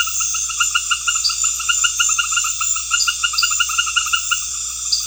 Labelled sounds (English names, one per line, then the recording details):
none
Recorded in pastures near Puerto Asís, Putumayo, Colombia, on 8 March 2025 at 19:30
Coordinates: 0.502, -76.324
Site GP07